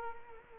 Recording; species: mosquito wingbeat signal from an infrared sensor; Culex quinquefasciatus